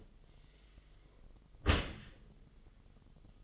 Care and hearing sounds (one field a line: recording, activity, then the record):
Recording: daily activity, microphone in the room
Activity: close dishwasher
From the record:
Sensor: 4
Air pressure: 1005.6 hPa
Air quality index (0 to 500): 113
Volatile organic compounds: 3 ppm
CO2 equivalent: 1413 ppm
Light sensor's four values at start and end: 11/26/10/10 and 11/25/10/10